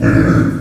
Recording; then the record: squeal of a Yucatan mini pig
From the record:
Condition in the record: after surgery on the right vocal fold (resection and tissue-engineered implant); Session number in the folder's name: 7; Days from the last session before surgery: 47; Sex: female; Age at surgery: 19 weeks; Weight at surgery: 25 kg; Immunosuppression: prednisolone